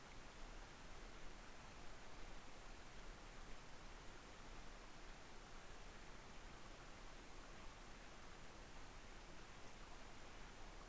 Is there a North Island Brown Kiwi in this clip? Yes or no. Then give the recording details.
no. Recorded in New Zealand on 3 November 2013. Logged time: 01:58. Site CV71